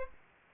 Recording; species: mosquito wingbeat signal from an infrared sensor; Aedes aegypti